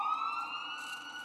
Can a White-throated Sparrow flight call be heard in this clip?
no